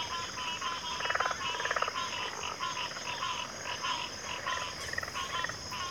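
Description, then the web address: Continuous high cricket chorus behind a thick layer of rattling, croaking calls. Chorus of crickets at a backwater. "Sleep Sounds of Nature CRICKETS 03 Backwater Chorus"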